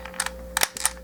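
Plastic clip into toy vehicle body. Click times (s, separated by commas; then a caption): 0.6 s. A plastic clip on a 1980s toy vehicle is pushed into the vehicle body. A sharp plastic click is heard at 0.6 s, followed by a few more short clicks and rattles. The clip is seated and locked in place.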